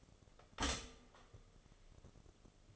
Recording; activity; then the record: daily activity, microphone in the room; stop toaster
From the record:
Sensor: 4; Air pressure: 1015.5 hPa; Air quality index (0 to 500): 195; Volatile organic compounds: 9 ppm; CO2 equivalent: 2178 ppm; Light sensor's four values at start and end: 4/9/3/3 and 4/9/3/3